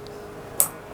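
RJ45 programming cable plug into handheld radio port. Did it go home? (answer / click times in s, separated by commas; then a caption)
yes / 0.6 s. An RJ45 programming cable plug is pushed into the port of an Icom IC-F6123D handheld radio. A faint tick sounds near 0.1 s, then a sharp, bright click at 0.6 s shows the plug is seated. A steady low hum runs throughout.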